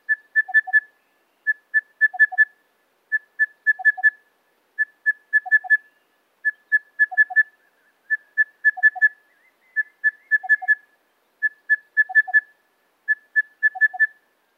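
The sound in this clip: Crested bellbird giving a steady series of ringing phrases, each a quick run of notes followed by two lower notes, repeated regularly.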